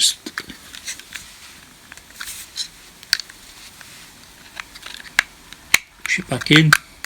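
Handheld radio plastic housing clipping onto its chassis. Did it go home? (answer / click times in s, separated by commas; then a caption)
no / none. After the HF module install, the plastic front housing of a Quansheng UV-K5/K6 handheld radio is pushed back into its chassis. Someone talks while sharp plastic ticks and taps sound over quiet background noise, the loudest at about 3.1, 5.2 and 5.7 seconds. The housing has not snapped back into place yet; nothing has seated or clicked.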